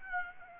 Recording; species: mosquito wingbeat signal from an infrared sensor; Aedes aegypti